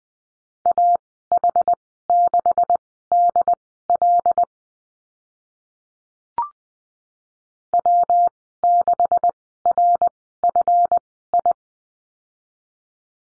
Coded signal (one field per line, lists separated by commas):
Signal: Morse code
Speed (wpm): 20 wpm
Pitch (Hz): 700 Hz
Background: none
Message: AH6DL W6RFI